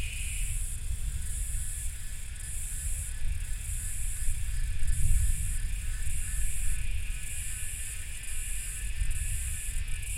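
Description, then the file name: Cicadas give a high buzzing chorus in repeated pulses above a lower drone, while a heavy low rumble swells midway through. Cicadas recorded during thunder. "AMB CICADAS THUNDER"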